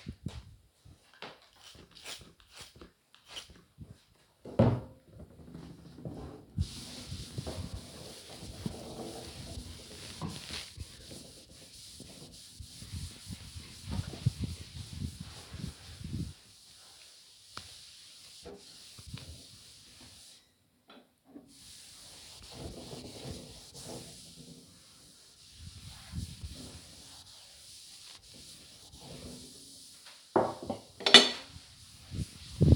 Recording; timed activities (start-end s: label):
household activities, microphone on the right wrist
0.79-32.76 s: cleaning table